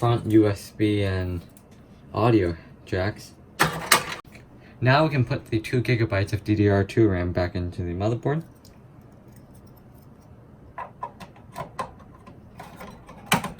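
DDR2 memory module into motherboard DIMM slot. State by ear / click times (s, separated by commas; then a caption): not seated / none. Someone talks while a 2 GB DDR2 memory module is handled near the motherboard DIMM slot of a Dell Optiplex 360, about to be put back in. Short sharp handling knocks come around 3.6–3.9 s and again near 11.0, 11.8 and 13.3 s. Nothing has seated or clicked into the slot yet.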